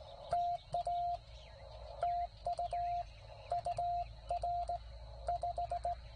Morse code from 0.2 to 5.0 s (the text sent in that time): TA TU UR